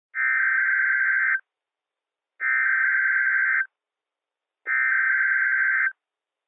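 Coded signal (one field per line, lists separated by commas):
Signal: Emergency Alert System (SAME) tones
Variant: header bursts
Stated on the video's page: Required weekly test on Seattle-area NOAA weather radio, captured as an audio recording.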